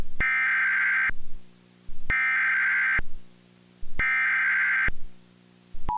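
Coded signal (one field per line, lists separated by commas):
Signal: Emergency Alert System (SAME) tones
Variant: header bursts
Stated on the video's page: Mock Tornado Warning with valid EAS tones.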